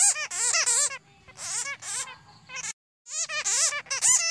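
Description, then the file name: Bat squeaks come in shrill, wavering bursts, with a quieter stretch of fainter chatter in the middle and a short silence before the calling resumes. "Tieng doi keu"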